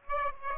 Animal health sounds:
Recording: mosquito wingbeat signal from an infrared sensor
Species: Aedes aegypti

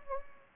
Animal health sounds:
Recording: mosquito wingbeat signal from an infrared sensor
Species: Anopheles gambiae

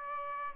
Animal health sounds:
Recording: mosquito wingbeat signal from an infrared sensor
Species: Aedes aegypti

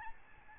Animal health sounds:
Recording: mosquito wingbeat signal from an infrared sensor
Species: Aedes albopictus

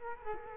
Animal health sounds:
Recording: mosquito wingbeat signal from an infrared sensor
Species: Culex quinquefasciatus

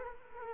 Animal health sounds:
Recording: mosquito wingbeat signal from an infrared sensor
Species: Culex quinquefasciatus

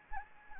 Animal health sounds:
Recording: mosquito wingbeat signal from an infrared sensor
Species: Anopheles gambiae

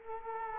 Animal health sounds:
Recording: mosquito wingbeat signal from an infrared sensor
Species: Culex quinquefasciatus

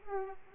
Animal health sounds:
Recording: mosquito wingbeat signal from an infrared sensor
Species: Aedes aegypti

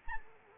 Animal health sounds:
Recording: mosquito wingbeat signal from an infrared sensor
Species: Anopheles arabiensis

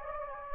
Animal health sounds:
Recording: mosquito wingbeat signal from an infrared sensor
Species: Anopheles gambiae

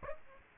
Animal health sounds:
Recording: mosquito wingbeat signal from an infrared sensor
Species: Aedes aegypti

